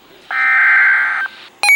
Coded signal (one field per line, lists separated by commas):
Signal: Emergency Alert System (SAME) tones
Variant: header bursts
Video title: Severe Thunderstorm Warning (EAS #7)